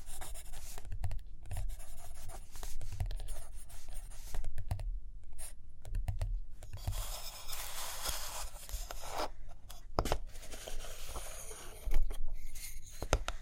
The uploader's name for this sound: Page Turning and Tapping, Writing, Drawing